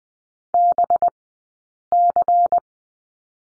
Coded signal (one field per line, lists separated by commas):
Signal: Morse code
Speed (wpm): 20 wpm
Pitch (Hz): 700 Hz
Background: none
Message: BC